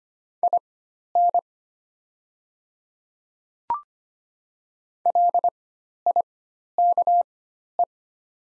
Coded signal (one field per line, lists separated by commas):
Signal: Morse code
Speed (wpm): 25 wpm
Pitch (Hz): 700 Hz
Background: none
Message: IN LIKE